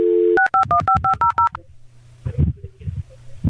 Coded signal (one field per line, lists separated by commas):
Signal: DTMF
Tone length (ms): 120 ms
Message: 6515500